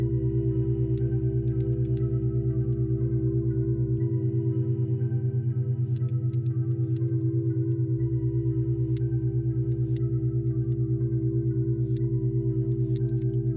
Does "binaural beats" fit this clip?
yes